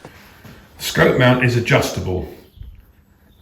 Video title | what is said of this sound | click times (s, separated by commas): GUN TEST: STRASSER RS SOLO PANTHER | T-shaft with the slot, push it down so it's engaged, and it clicks back in. | 0.1 s